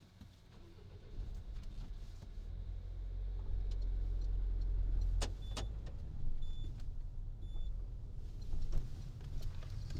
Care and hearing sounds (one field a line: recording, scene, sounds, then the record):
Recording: everyday scene through a hearing-aid microphone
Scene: in a vehicle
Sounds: other noises, engine starting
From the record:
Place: Berlingo II, diesel engine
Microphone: in the ear canal, right